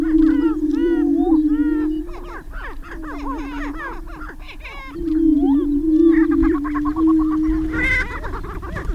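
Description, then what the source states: Greater prairie chickens give a continuous low booming chorus, broken by a short lull, with busy cackling and whooping calls over it and a burst of higher clucks near the end. Booming display of greater prairie chickens, recorded on 6 May 2005.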